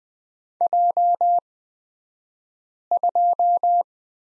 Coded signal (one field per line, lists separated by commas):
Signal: Morse code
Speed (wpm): 20 wpm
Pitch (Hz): 700 Hz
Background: none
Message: J2